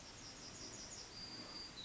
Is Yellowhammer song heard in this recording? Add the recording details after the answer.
yes. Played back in forest. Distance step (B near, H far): F. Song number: 052